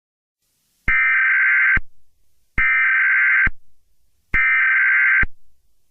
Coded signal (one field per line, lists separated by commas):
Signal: Emergency Alert System (SAME) tones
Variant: header bursts